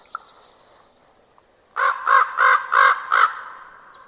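Bird calling with five loud, harsh caws in quick even succession after a quiet start with a few faint clicks.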